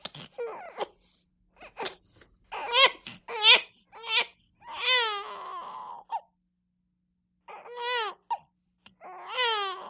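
A five-week-old baby cries in repeated short wails, about a dozen bursts, with clear rising and falling pitch and pauses for breath between them. Ordinary crying of a young infant.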